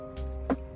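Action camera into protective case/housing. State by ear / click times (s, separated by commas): seated / 0.5 s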